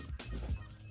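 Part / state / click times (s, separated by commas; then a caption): protective plastic case shell onto a 13-inch laptop base / not seated / none. A hard plastic UAG Plasma protective case shell is handled and pressed down toward the bottom of a 13-inch MacBook Pro, with a brief sharp burst of handling noise around 0.2 s over a low rumble. Nothing has seated or clicked yet; the shell is not yet snapped home on the laptop.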